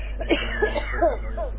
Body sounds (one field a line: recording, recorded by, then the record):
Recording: voluntary cough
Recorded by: telephone call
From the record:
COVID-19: positive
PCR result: checked with the laboratory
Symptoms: no